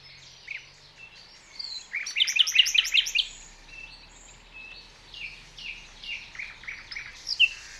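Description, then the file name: Common nightingale song: a loud phrase of rapid repeated notes, then scattered thin whistles and chirps. "Luscinia megarhynchos"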